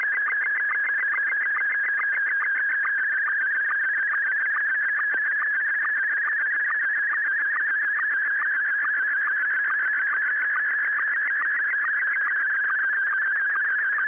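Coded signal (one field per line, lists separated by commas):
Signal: SSTV (slow-scan television)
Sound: continuous warbling, buzzy tone with rapid pitch wobbles and regular short low ticks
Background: radio hiss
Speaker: an example of the sort of thing I heave around um on the Sundays and on practice nights when I go bell ringing how did it come over with with you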